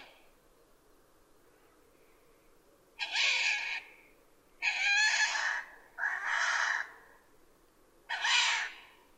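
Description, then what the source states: Owl screeching: four long, harsh, raspy screeches, each about a second long, separated by pauses of up to about a second, over quiet background hiss. Recorded on 12 June 2011.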